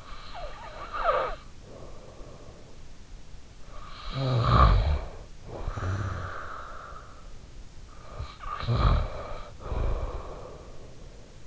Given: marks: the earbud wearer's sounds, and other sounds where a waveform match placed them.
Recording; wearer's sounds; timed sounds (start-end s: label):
sounds in sleep by an in-ear microphone; snoring breath
0.00-2.83 s: snoring breath
3.81-7.26 s: snoring breath
8.17-11.46 s: snoring breath